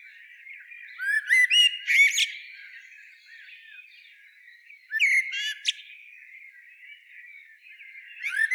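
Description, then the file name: Common blackbird song phrases: a warbled run climbs into high squeaky twitters around one to two seconds, followed by quieter warbling and another twittering burst near five seconds. "Turdus merula"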